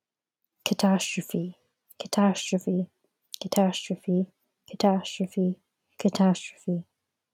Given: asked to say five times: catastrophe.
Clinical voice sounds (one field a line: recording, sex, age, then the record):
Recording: repeated word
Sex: female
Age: 20 to 29 years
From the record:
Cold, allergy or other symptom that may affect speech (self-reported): no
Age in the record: 22 years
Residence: California, United States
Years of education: 17